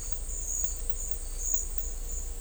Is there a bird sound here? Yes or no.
no